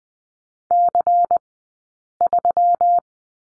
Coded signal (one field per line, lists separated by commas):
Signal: Morse code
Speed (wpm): 20 wpm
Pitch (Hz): 700 Hz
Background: none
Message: C3